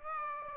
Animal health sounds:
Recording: mosquito wingbeat signal from an infrared sensor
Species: Aedes aegypti

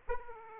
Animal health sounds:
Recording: mosquito wingbeat signal from an infrared sensor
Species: Aedes aegypti

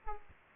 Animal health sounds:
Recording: mosquito wingbeat signal from an infrared sensor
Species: Aedes aegypti

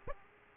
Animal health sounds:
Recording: mosquito wingbeat signal from an infrared sensor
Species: Aedes aegypti

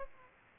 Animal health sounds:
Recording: mosquito wingbeat signal from an infrared sensor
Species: Aedes aegypti

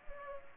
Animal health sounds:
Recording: mosquito wingbeat signal from an infrared sensor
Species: Culex pipiens

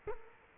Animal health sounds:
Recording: mosquito wingbeat signal from an infrared sensor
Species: Culex quinquefasciatus

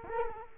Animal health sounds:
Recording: mosquito wingbeat signal from an infrared sensor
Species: Culex quinquefasciatus

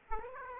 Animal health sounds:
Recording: mosquito wingbeat signal from an infrared sensor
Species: Aedes aegypti

